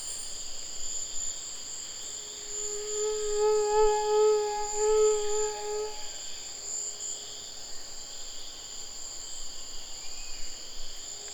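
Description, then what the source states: Mosquito whine, a wavering humming tone for about four seconds, then fading, over a constant shrill insect chorus. Tropical mosquito recorded 17 November 2006 on the Chemin des grands arbres path, Saül, French Guiana, with a Nagra LB and a cardioid MKH40 microphone.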